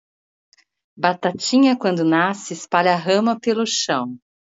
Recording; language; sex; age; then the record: short text; Brazilian Portuguese; female; 50 to 59 years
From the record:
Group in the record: control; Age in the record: 58 years